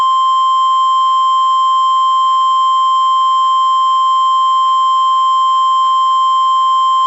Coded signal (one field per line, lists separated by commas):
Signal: Emergency Alert System (SAME) tones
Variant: 1050 Hz attention tone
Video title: PDS Tornado Watch Noaa Weather Radio Station WXK 91 Topeka KS 5/18/26